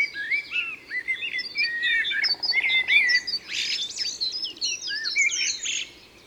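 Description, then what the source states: Common blackbird warbling in rich, varied phrases over busy twittering from other songbirds, with a brief buzzing trill in the middle. Recorded in Isère, France.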